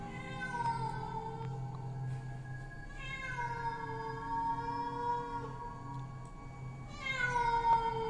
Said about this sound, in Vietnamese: Ấy thế nhưng lại không có tiếng gọi, thay vào đó là bầy mèo hoang ở trên rừng đang kêu lên inh ỏi. Một lúc tiếng mèo kêu bắt đầu nhiều hơn, những con mèo dường như đã bắt đầu vào sâu trong bản.